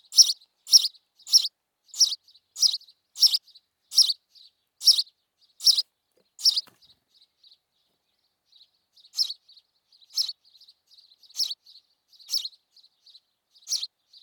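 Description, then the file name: House sparrow giving loud, bright chirps in a steady series for about seven seconds, a short gap, then spaced chirps mixed with softer quiet notes. "Passer domesticus"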